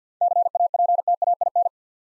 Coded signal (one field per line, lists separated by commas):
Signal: Morse code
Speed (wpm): 52 wpm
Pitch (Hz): 700 Hz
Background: none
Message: CAPTAIN